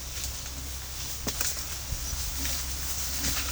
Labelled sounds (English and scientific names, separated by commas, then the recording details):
none
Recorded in pastures near Puerto Asís, Putumayo, Colombia, on 21 March 2025 at 12:00
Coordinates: 0.497, -76.327
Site G072